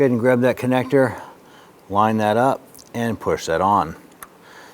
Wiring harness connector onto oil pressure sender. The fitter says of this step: see and feel that connector lock into place, and you're all set.